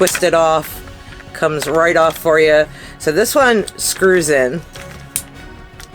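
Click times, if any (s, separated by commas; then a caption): 5.2 s. Someone talks while a screw-in plastic piece is turned onto the hilt of a Star Wars Lightsaber Forge Ultimate Mandalorian Masterworks toy lightsaber. A sharp click at 5.2 s marks the piece seating home.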